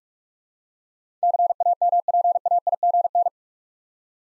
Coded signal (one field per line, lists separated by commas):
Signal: Morse code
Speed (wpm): 46 wpm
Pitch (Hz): 700 Hz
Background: none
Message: CAMPAIGN